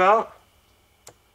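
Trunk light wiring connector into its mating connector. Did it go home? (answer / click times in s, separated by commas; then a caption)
yes / 1.1 s. Someone talks briefly, then the two halves of a trunk light wiring connector are pushed together into their mating connector. A single short click is heard at 1.1 s, and the connector is seated with a good connection.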